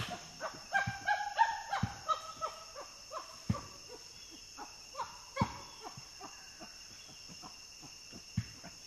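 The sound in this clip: Common chimpanzee calls, a short run of harmonic hooting cries in the first two seconds, followed by a steady series of sharp clicks and taps.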